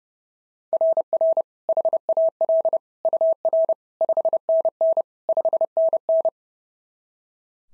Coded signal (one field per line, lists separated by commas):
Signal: Morse code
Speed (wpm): 26 wpm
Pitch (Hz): 650 Hz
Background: none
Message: RR HAL UR 5NN 5NN